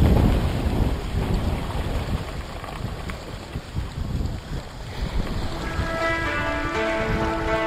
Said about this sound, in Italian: That's the river, my friend.